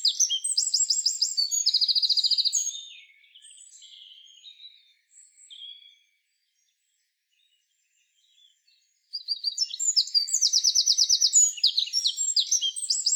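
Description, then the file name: Eurasian wren sings two bursts of shrill, rapid trills and chattering notes, separated by several seconds of quiet with a few faint twitters. "Troglodytes troglodytes"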